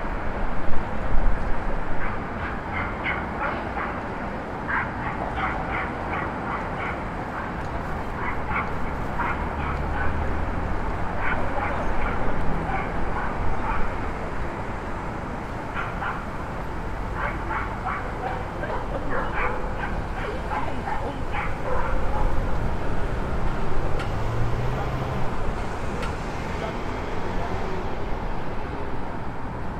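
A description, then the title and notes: A rooftop street scene at Starr Street and Irving Avenue in Brooklyn, filled with a steady low rumble of traffic throughout. Over it, clusters of short, sharp yapping barks recur from about three seconds to twenty-two seconds, with faint voices and a few thin clicks later. 179 Starr Street Rooftop (Starr Street & Irving Ave, Brooklyn) Facing Maria Hernandez Park. Wind: 7mph North East. Rooftop recording facing Maria Hernandez park at sunset.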